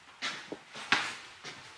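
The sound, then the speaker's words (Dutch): A toilet door opens, with a few soft scraping bursts and one sharp latch click in the middle, fairly quiet and with no voices. “De deur van de toiletten gaat open.”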